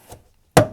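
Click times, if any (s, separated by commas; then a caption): 0.6 s. On a 2008 second-generation Toyota Prius, a trim tool is worked along the bottom of the plastic rear door panel to pry a retaining clip out of the metal door during a rear exterior handle replacement. A faint scrape near 0.1 s is followed by a single sharp, loud pop at 0.6 s that rings briefly before fading. The door panel retaining clip pops out and is released.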